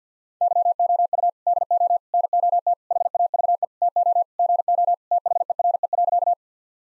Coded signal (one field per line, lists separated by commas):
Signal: Morse code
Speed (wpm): 50 wpm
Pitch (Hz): 700 Hz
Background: none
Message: YOU DO NOT HAVE TO GO THERE.